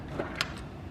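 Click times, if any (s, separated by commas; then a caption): none. An apartment door is pushed shut and strikes its frame with a sharp knock at 0.4 s. Its bottom latch does not engage the strike plate on the door frame, so nothing latches and the door will not stay closed. The strike plate needs to be lowered to fix it.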